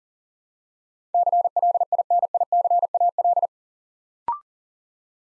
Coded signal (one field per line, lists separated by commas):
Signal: Morse code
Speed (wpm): 40 wpm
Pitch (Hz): 700 Hz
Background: none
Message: CLINICAL